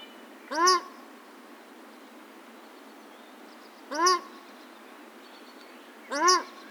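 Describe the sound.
Paradise shelduck calls: three single harsh, honking notes rich in harmonics, spaced about three and then two seconds apart, over a steady background hiss.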